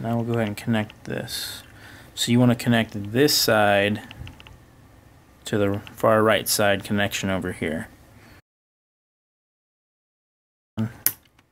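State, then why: Seated. Someone talks while a small antenna coax connector is lined up with its board socket on the far right side of the receiver module in a DJI Phantom 4 / 3 Pro/Advanced drone during an antenna mod. After a brief silence, the connector is pressed on and gives a sharp snap at 11.1 s. It is seated.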